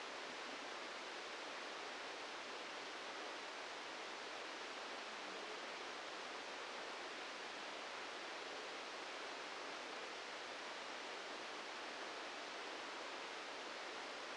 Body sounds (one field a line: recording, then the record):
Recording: brain microelectrode recording played as sound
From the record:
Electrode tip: outside the subthalamic nucleus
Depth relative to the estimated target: 2 mm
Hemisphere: right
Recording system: NeuroSet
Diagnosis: Parkinson's disease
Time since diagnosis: 13 years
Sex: male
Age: 65 years